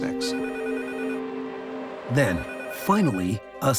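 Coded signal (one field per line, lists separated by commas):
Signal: none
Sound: phone ringing beeps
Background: speech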